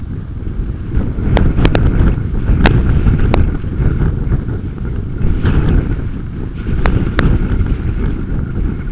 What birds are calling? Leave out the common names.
none